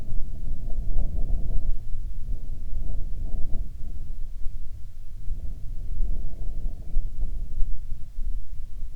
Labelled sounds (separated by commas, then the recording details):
wind
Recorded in the Arctic National Wildlife Refuge, Alaska, on 27 July 2019 at 17:33
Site 40